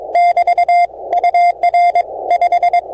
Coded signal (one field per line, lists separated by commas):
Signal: Morse code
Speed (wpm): 24 wpm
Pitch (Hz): 700 Hz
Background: radio noise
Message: <BT> UR 5